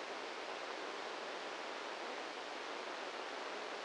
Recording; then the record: brain microelectrode recording played as sound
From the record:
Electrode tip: inside the subthalamic nucleus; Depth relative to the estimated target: -2 mm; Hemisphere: left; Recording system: NeuroSet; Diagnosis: Parkinson's disease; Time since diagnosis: 10 years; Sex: male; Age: 56 years